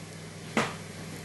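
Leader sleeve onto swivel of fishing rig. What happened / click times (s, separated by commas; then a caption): A small plastic sleeve snapped tight onto its fitting / 0.6 s. A fishing leader's rubber sleeve or leg clip is pushed as tight as possible onto the swivel of a fishing rig. A single short click sounds at 0.6 s against a low steady background. The click means the sleeve is seated nice and tight on the swivel.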